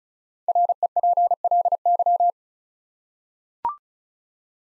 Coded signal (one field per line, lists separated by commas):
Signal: Morse code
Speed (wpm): 36 wpm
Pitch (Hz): 700 Hz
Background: none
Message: REPLY